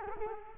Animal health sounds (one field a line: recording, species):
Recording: mosquito wingbeat signal from an infrared sensor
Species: Culex quinquefasciatus